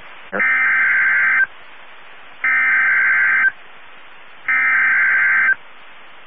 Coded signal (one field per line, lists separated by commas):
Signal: Emergency Alert System (SAME) tones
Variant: header bursts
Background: speech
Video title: EAS 1695-1699 (4/22/22)